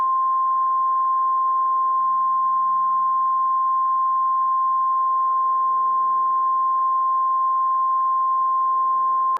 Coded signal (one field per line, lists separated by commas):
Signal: Emergency Alert System (SAME) tones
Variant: 1050 Hz attention tone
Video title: NOAA EAS CIVIL EMERGENCY MESSAGE 7/18/21